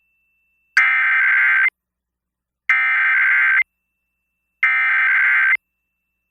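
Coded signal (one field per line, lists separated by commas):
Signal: Emergency Alert System (SAME) tones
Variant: header bursts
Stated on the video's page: Weekly test on 94.5 MHz FM country station, 44 kW, recorded via SDR server.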